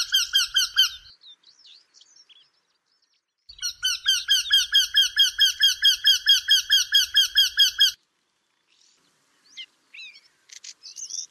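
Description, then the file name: Eurasian wryneck calling a rapid series of nasal notes, with a pause, then a longer run, followed by faint chirps. "Wendehals"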